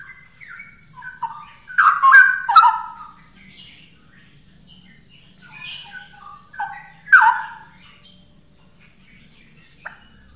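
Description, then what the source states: Straw-headed bulbul song, rich bubbling warbled phrases with loud gurgling bursts near two and seven seconds, separated by softer broken notes and a faint low hum. Song in the style called ropel; labelled as original (asli).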